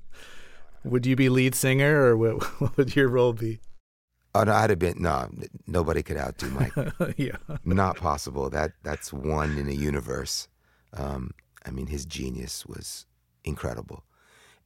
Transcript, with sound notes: Would you be lead singer or - (laughter) what would you role be?
Oh, no. I'd have been - no. Nobody could outdo Michael...
(Laughter) Yeah.
Not possible. That's one in a universe. I mean, his genius was incredible.